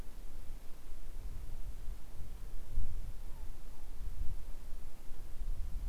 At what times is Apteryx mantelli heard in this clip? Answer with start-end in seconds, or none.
none